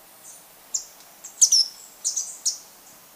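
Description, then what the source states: Handsome flycatcher: a short burst of very high, thin chips, several notes in quick succession, over quiet background. Ecuador, South America.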